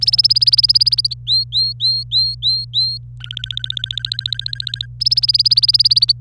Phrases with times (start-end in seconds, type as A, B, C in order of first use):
0.01-1.14 A, 1.27-2.98 B, 3.21-4.86 C, 5.01-6.12 A